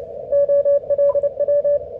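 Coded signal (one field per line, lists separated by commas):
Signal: Morse code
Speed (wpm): 18 wpm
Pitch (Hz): 580 Hz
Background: none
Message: OLW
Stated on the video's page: 15 m CW contact with Japan using phased half-square verticals, with the far station running 1 kW into a 5-element beam.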